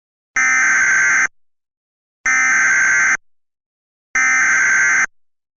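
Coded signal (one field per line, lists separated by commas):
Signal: Emergency Alert System (SAME) tones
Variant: header bursts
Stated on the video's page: Mock (simulated) flash flood emergency alert.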